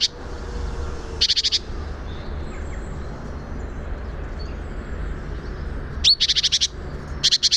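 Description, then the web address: Great tit giving harsh, buzzy chattering rattles: one burst early, then a long pause, then two more quick rattles near the end, with a low background hum throughout. "SETE Parus major"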